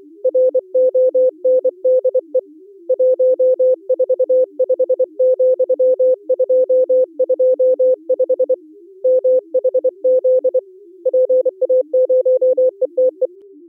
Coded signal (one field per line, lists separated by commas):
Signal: Morse code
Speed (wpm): 24 wpm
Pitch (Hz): 510 Hz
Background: music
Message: RONDE 145,225 MHZ PA0ETE